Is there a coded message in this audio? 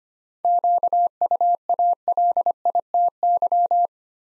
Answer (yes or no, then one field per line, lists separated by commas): yes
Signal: Morse code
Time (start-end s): 0.4-3.9 s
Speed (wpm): 25 wpm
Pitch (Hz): 700 Hz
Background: none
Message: QUALITY